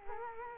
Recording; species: mosquito wingbeat signal from an infrared sensor; Culex quinquefasciatus